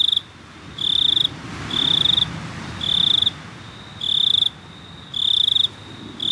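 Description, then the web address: Cricket chirps in regular high trilled bursts about once a second, with a low rumbling background swelling briefly near the start. "best service Blue Box animals crickets"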